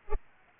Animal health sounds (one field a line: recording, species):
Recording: mosquito wingbeat signal from an infrared sensor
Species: Culex pipiens